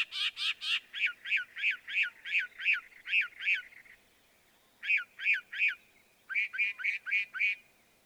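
Northern mockingbird singing a harsh burst followed by a long string of evenly repeated chirped notes, a brief pause, then more runs of the same repeated phrase.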